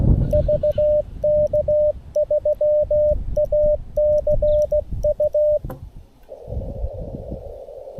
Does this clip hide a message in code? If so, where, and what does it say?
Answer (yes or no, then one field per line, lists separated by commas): yes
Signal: Morse code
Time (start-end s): 0.3-5.6 s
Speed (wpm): 16 wpm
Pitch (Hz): 600 Hz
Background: radio noise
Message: VK3ACU